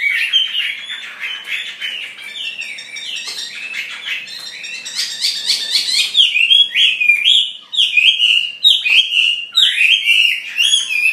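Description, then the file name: Chinese hwamei song: a busy jumble of chattering and mimic-like notes, then clear, repeated downslurred whistles given in a steady series. "audio gathering hwamei. omkicau"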